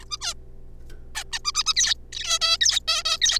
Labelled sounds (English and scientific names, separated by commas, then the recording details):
Zebra Finch (Taeniopygia guttata)
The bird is a juvenile
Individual R3549